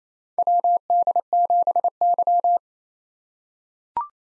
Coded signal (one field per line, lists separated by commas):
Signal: Morse code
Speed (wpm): 28 wpm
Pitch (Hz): 700 Hz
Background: none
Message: WD7Y